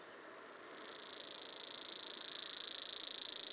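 Grasshopper song: a high, fast-pulsed buzzing trill starts after half a second and grows steadily louder, continuing to the end.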